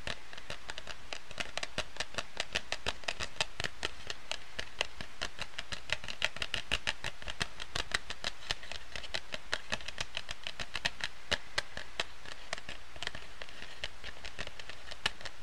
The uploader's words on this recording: Tapping, Scratching, Card Shuffling.